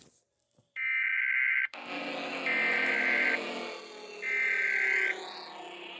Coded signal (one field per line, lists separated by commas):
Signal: Emergency Alert System (SAME) tones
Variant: header bursts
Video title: eas scenario inquisitormaster werewolfs